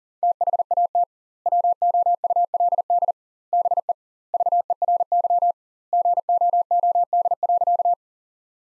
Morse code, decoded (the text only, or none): THAT WOULD BE VERY GOOD.